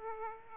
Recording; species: mosquito wingbeat signal from an infrared sensor; Aedes aegypti